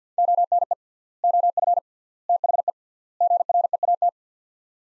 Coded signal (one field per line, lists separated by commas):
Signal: Morse code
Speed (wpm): 50 wpm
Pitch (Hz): 700 Hz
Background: none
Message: ONE OF THE GREAT